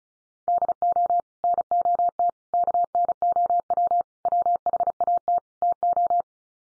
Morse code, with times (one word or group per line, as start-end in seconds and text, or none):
0.5-1.2 DO
1.4-2.3 NOT
2.5-4.0 KNOW
4.3-5.4 WHAT
5.6-6.2 TO